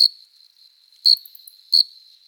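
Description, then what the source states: Cricket giving a few bright, high-pitched chirps, a thin sustained tone running beneath. Singing cricket, recorded close up.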